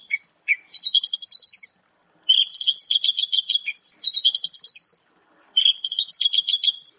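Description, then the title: Javan bush lark giving a few short opening notes, then four separate bursts of fast, high rattling trills, each about one to one and a half seconds long, separated by short silences. Local strain; female calling the male; full varied song with mimicry. "Suara Branjangan Lokal Gacor DOR Full Isian Tembakan Betina Gacor memanggil Jantan"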